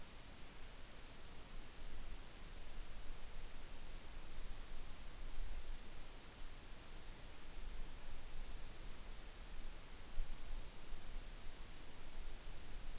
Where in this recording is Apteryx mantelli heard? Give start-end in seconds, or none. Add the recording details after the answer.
none. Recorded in New Zealand on 8 June 2014. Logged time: 02:19